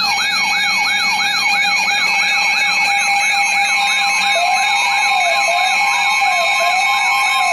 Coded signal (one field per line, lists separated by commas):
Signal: dial-up modem handshake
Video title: Severe Thunderstorm Warning #2 - 09/11/19 (EAS #1,961)